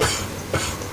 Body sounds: coughing mixed with background sound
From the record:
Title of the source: Dry Coughing Fit in the Afternoon.

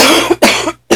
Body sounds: coughing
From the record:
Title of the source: 61 morning phlegmy cough...again

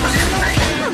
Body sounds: coughing mixed with background sound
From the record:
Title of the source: choking, hacking coughing

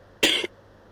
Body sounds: coughing mixed with background sound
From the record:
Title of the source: 55 gaggy wet cough

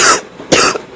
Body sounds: coughing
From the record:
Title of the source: 34 coughing up crap again

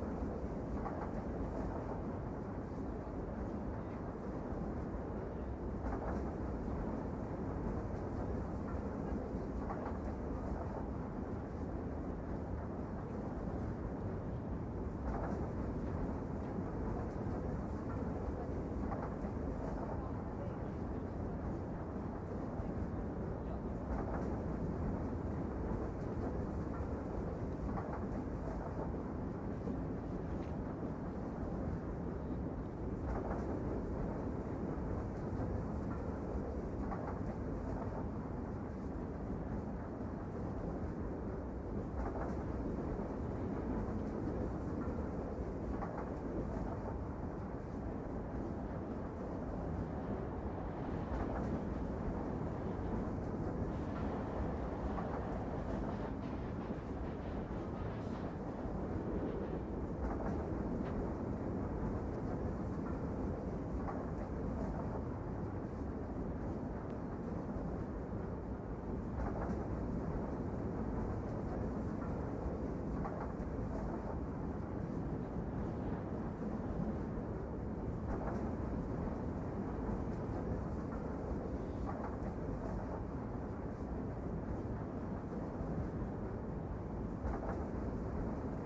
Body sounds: background sound without coughing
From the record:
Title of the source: Train Ride Ambience ambient white noise for sleeping, focus, studying, reading

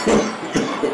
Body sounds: coughing mixed with background sound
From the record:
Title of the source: Spring Cold Coughing 3

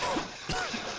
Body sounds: coughing mixed with background sound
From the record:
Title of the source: Coughing 51

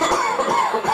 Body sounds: coughing mixed with background sound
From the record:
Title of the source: Spring Cold Coughing 2

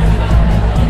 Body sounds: background sound without coughing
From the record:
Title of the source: Party Noise 1 Hour Party Ambience

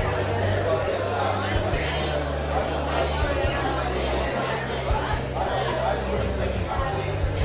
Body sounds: background sound without coughing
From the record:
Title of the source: CITY SOUNDS Busy Bar in the Evening Night - 2 HOURS of Ambiance for Relaxation

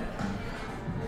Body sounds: background sound without coughing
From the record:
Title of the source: 60 minutes of coffee shop sounds for study and concentration

